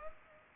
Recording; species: mosquito wingbeat signal from an infrared sensor; Culex pipiens